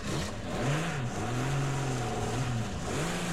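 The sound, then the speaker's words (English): A car engine revs and pulls forward in first gear while driving down a hill, its steady mid-pitched drone rising and dipping in pitch as it accelerates, loud and continuous with no talking. “Have to do this in first gear.”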